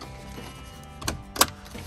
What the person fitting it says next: pops into place